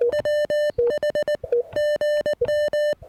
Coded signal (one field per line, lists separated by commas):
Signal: Morse code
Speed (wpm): 19 wpm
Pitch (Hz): 1800 Hz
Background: music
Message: WH GM